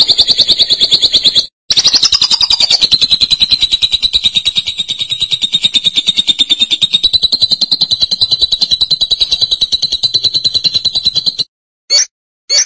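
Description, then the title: Lovebird chattering in a long, rapid, high-pitched pulsed trill that runs unbroken for about ten seconds after a brief pause, then ends with two short bursts. "BM Suara Burung Lovebird"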